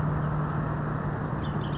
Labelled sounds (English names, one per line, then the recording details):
Bullock's Oriole
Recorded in Sonoma County, California